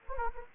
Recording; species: mosquito wingbeat signal from an infrared sensor; Anopheles gambiae